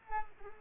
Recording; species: mosquito wingbeat signal from an infrared sensor; Culex pipiens